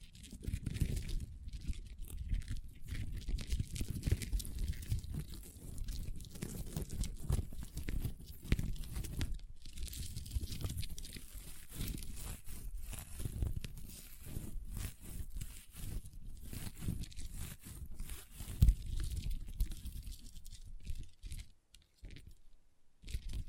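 Crunchy slime being squeezed and worked, with dense, continuous crackling and crinkling pops throughout, thinning out briefly near the end.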